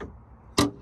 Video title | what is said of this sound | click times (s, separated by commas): What keys do you get with a new 2023 Chevrolet Silverado 1500 | that unlocks it. | 0.6 s